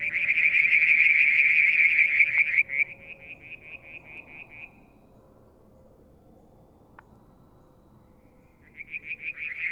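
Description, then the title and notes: Frogs in a loud pulsed trill that fades into quieter spaced notes, a quiet stretch, then the trilling returns. Striped marsh frog, Verreaux's tree frog and an unidentified frog, one evening near a water tank at Mount Wilson, New South Wales, Australia, July 2022. "Frog song, Mount Wilson, New South Wales, Australia in July 2022 – by Alexander Moffatt. Limnodynastes Peronii, Litoria Verreauxii and a mystery frog one evening near the water tank"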